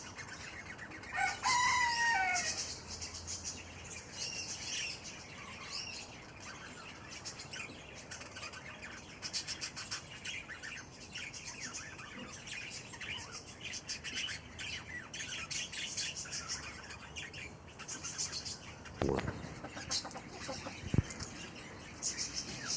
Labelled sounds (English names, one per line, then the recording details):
Cockatiel call
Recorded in captivity
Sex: group
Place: Zoo Halle, Sachsen-Anhalt, DE
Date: 2004-12-14 13:17
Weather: sonnig, 2°C
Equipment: Sony WM-D6C, Sennheiser ME 80, Kopie Uher 4000 Report Monitor
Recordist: Tembrock, Günter